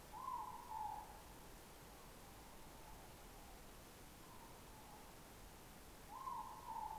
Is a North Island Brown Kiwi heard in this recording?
no